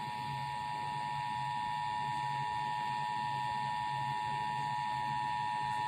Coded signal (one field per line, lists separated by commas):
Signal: Emergency Alert System (SAME) tones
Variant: 853 and 960 Hz attention tone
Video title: (EAS #328 - #335) 2021 NATIONAL PERIODIC TEST DAY - EAS Tests from 8/11/21